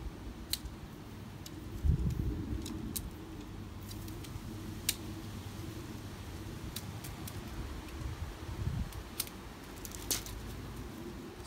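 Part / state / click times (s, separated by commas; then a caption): tent pole section into the next pole section / seated / 0.5 s, 3.0 s, 4.9 s, 6.8 s, 9.2 s, 10.1 s. Shock-corded tent pole sections of a Naturehike Cloud Up 1 tent are unfolded and joined one by one, each section snapping into the next with sharp, bright clicks at 0.5, 3.0, 4.9, 6.8, 9.2 and 10.1 seconds. Soft low handling rustles are heard around 2 and 8.7 seconds. All sections seat, giving an assembled pole.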